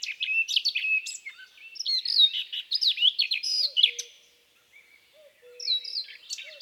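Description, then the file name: Eurasian blackcap pouring out a quick varied warble, then a pause and a short renewed phrase, while low soft hoots sound in the background. "baratposzata"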